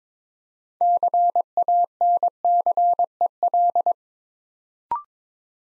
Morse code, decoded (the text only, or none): CANCEL